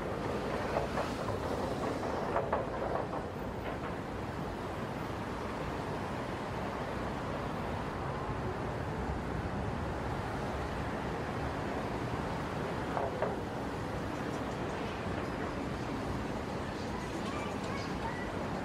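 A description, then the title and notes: Heavy traffic on the Brooklyn Bridge makes a steady, dense roar, low and rumbling, with no pauses across the whole stretch. Brief clatters and knocks stand out near 2.5 and 13 seconds, and faint voices rise now and then above the constant wash. Soundscape of Brooklyn Bridge in New York City. It was already after 10pm on Saturday night, but the traffic was still heavy on the bridge. In this recording, you can feel the summer night of Brooklyn, NY.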